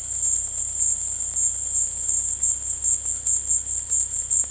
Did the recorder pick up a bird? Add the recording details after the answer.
no. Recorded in dense forest near Puerto Asís, Putumayo, Colombia, on 19 February 2024 at 16:30. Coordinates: 0.487, -76.319. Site G6403